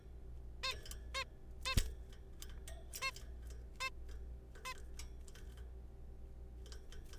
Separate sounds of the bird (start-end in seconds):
0.64-0.73, 1.15-1.24, 1.66-1.75, 3.02-3.11, 3.81-3.90, 4.65-4.74